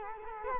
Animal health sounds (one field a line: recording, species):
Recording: mosquito wingbeat signal from an infrared sensor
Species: Culex quinquefasciatus